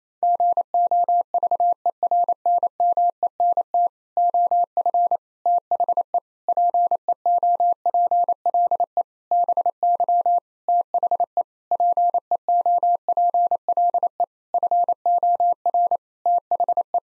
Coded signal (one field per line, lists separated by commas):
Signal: Morse code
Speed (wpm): 27 wpm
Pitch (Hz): 700 Hz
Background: none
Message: GOVERNMENT OF THE PEOPLE BY THE PEOPLE FOR THE